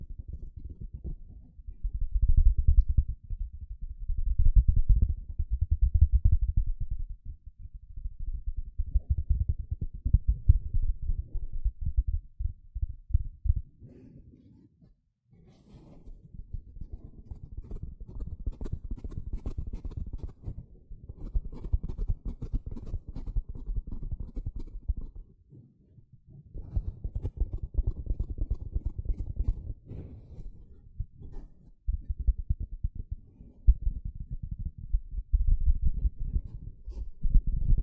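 Sponge being scratched and squished in uneven bursts of low, gritty rubbing, with brief pauses near 15 and 26 seconds and sharper crackles midway.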